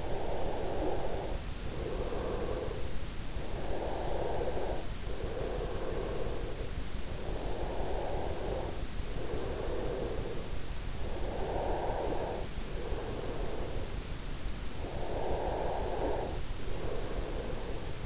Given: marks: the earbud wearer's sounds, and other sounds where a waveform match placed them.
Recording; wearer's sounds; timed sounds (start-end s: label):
sounds in sleep by an in-ear microphone; breath
0.07-14.07 s: breath
15.07-18.06 s: breath